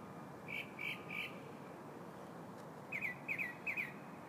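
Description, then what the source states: Bird song of short chirped notes, three evenly spaced then a pause and three more doubled chirps, over a steady low hiss. Morning bird song, recorded 4 February 2015.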